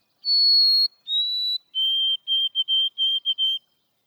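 White-throated sparrow singing clear, pure whistles: a long high note, a slightly lower one, then a lower run of repeated notes.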